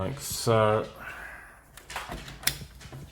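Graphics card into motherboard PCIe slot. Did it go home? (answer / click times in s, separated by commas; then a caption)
yes / 2.5 s. Someone talks briefly as an EVGA GeForce GTX 1070 graphics card is pushed down into a motherboard's PCIe slot, with faint handling noises around 1.8 to 1.9 seconds. At 2.5 seconds the slot's plastic retention latch snaps with a sharp little click, and the card is seated.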